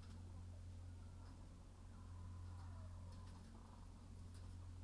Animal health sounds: poultry house recording; sick chickens (respiratory disease)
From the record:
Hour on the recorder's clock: 15

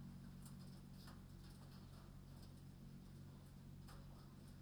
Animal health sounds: poultry house recording; no chicken sound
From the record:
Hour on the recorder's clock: 22

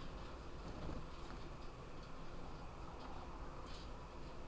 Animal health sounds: poultry house recording; sick chickens (respiratory disease)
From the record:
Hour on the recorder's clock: 0

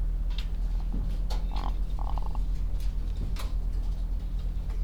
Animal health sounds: poultry house recording; sick chickens (respiratory disease)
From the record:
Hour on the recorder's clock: 13

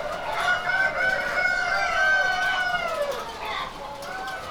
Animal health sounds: poultry house recording; healthy chickens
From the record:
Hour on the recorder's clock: 0

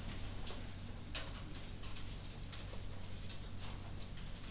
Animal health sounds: poultry house recording; no chicken sound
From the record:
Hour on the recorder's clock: 1

